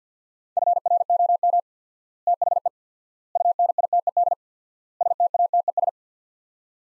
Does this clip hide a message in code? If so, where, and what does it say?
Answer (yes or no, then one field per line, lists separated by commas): yes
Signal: Morse code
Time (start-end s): 0.6-5.9 s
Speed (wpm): 50 wpm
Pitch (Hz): 700 Hz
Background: none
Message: FROM THE UNITED STATES